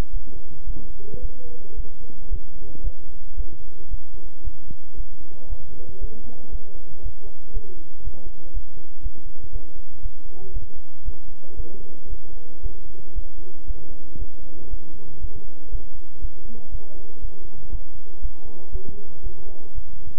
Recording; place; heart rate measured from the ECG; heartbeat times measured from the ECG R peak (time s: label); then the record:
heart sounds by stethoscope; between the tricuspid and mitral areas; 116 bpm
0.11 s: heartbeat
0.65 s: heartbeat
1.20 s: heartbeat
1.75 s: heartbeat
2.29 s: heartbeat
2.82 s: heartbeat
3.35 s: heartbeat
3.89 s: heartbeat
4.43 s: heartbeat
4.95 s: heartbeat
5.48 s: heartbeat
5.99 s: heartbeat
6.50 s: heartbeat
7.01 s: heartbeat
7.52 s: heartbeat
8.02 s: heartbeat
8.52 s: heartbeat
9.01 s: heartbeat
9.51 s: heartbeat
10.01 s: heartbeat
10.51 s: heartbeat
11.03 s: heartbeat
11.55 s: heartbeat
12.08 s: heartbeat
12.61 s: heartbeat
13.13 s: heartbeat
13.66 s: heartbeat
14.17 s: heartbeat
14.68 s: heartbeat
15.19 s: heartbeat
15.70 s: heartbeat
16.20 s: heartbeat
16.70 s: heartbeat
17.20 s: heartbeat
17.70 s: heartbeat
18.20 s: heartbeat
18.70 s: heartbeat
19.22 s: heartbeat
19.73 s: heartbeat
From the record:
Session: bicycle stress test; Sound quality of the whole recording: good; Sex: male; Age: 26 years